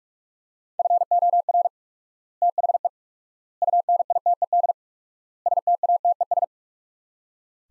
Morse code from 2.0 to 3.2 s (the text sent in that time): THE